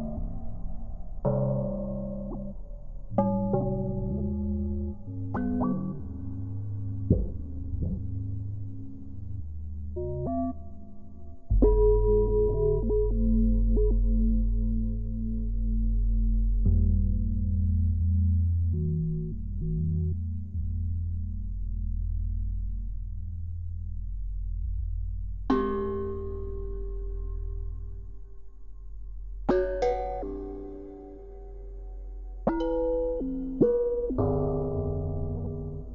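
Everyday objects such as pot lids, glasses and metal implements are struck one at a time, each hit ringing out with a tone that lingers and slowly fades. Strikes come every second or two, with a long low hum sustained through the middle stretch.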